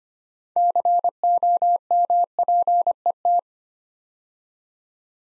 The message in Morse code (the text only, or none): COMPET